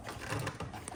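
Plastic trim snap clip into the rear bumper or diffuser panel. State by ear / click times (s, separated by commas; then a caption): seated / 0.9 s. A plastic trim snap clip is pushed into the carbon fiber rear trim or diffuser panel of a C8 Corvette; the snap only goes in once the panel is pushed far enough. Soft handling and rustling noises with a few light knocks lead up to a sharp, short click at 0.9 s as the snap seats.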